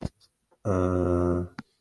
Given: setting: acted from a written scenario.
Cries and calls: vocal sound without words; confusion

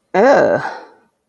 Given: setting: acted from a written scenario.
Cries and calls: vocal sound without words; disgust

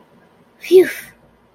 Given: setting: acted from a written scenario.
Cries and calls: vocal sound without words; relief

